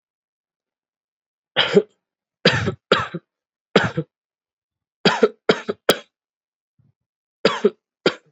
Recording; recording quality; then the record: heavy voluntary cough; excellent, no background noise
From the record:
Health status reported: exposed to COVID-19, no respiratory illness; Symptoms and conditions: cold, sore throat, fatigue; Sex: male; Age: 27 years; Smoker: not ticked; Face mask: not worn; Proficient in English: yes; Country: India